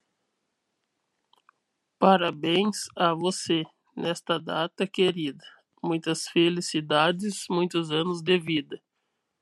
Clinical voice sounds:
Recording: short text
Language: Brazilian Portuguese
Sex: male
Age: 20 to 29 years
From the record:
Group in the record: control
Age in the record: 27 years

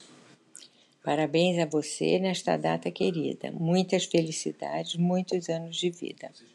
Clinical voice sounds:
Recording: short text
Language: Brazilian Portuguese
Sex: female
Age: 70 to 79 years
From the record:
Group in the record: control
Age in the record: 77 years

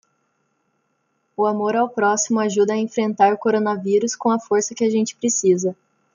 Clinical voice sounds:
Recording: spoken sentence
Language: Brazilian Portuguese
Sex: female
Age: 20 to 29 years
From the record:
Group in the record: control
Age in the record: 21 years

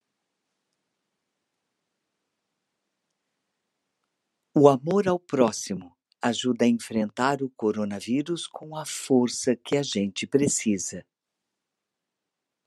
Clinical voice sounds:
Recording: spoken sentence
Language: Brazilian Portuguese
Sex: female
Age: 60 to 69 years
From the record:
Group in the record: control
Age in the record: 61 years

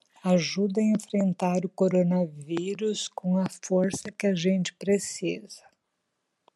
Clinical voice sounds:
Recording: spoken sentence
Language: Brazilian Portuguese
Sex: female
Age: 60 to 69 years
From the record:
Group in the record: control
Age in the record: 62 years

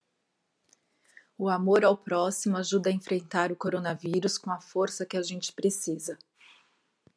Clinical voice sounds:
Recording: spoken sentence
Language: Brazilian Portuguese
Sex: female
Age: 40 to 49 years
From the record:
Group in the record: control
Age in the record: 48 years

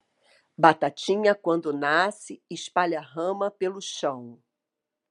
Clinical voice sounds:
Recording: short text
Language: Brazilian Portuguese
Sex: female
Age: 50 to 59 years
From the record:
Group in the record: control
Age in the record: 53 years

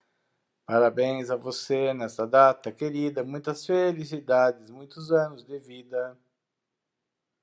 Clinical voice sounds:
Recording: short text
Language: Brazilian Portuguese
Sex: male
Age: 50 to 59 years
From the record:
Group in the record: control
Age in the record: 58 years

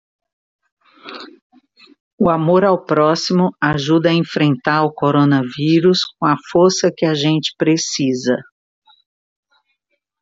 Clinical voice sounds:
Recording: spoken sentence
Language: Brazilian Portuguese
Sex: female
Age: 50 to 59 years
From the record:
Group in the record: control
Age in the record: 56 years

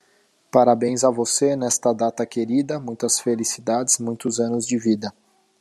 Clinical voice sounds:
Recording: short text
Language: Brazilian Portuguese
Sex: male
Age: 30 to 39 years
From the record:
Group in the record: control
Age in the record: 38 years

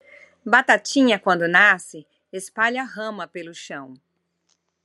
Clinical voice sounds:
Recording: short text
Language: Brazilian Portuguese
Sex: female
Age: 50 to 59 years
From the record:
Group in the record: control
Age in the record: 58 years

